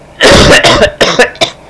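An adult's fit of about five harsh coughs in quick succession, the first long and forceful, the rest shorter.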